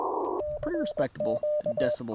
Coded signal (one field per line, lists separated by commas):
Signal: Morse code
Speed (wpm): 21 wpm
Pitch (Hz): 600 Hz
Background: speech, radio noise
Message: CQ